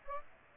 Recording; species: mosquito wingbeat signal from an infrared sensor; Aedes aegypti